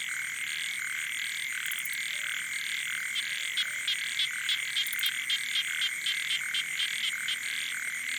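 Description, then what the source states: Frogs and toads chorusing, short rapid clicking croaks repeated several times a second, layered over continuous high-pitched droning tones. Wild night chorus on the shore of Boeng Thum lake, Cambodia, around 23:00 on 12 December 2018, as human noise fades.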